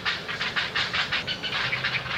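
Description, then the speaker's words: Great blue herons calling in a colony, a raucous rhythmic chorus of many harsh clattering bursts, steady throughout. Colony of nesting great blue herons, recorded earlier in the summer. "Now, from earlier this summer, the raucous sound of a colony of nesting great blue herons."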